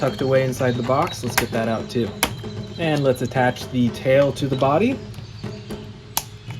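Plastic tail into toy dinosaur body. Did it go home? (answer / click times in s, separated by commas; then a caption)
yes / 6.2 s. A plastic tail is attached to the body of a toy Ceratosaurus dinosaur figure. Someone talks over light background music, then a sharp click comes at 6.2 s as the tail seats into the body.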